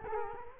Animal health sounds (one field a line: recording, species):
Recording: mosquito wingbeat signal from an infrared sensor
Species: Culex quinquefasciatus